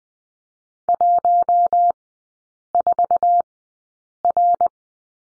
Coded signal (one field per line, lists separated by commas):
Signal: Morse code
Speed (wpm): 20 wpm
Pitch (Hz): 700 Hz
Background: none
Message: 14R